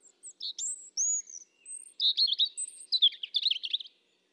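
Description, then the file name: European robin song: drawn-out high whistles, some level and some slurred, followed by a rippling run of quick warbled notes. "Erithacus rubecula"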